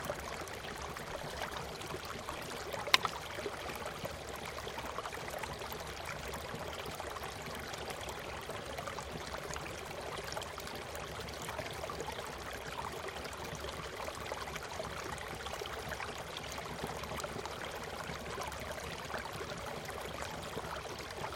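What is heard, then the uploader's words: A thin waterfall splashes down steadily, a dense, even wash of falling water with a low rumble beneath and one brief clack near three seconds. Thin, 20m-high waterfall tumbling down the centre of a dramatic 3D wall of hexagonal basalt columns. Recorded by Marcel Gnauk.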